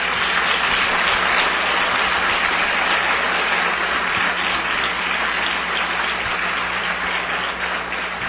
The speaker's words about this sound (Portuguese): Vamos aplaudir o nosso Deus bem forte.